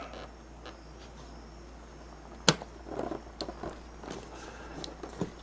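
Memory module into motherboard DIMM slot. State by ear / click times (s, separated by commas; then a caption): seated / 2.5 s. A second DDR memory module is pushed down into a motherboard DIMM slot, with a sharp click at 2.5 s followed by softer handling clicks and rustles. The module seats: the retaining latch comes up even though no click was expected to be heard.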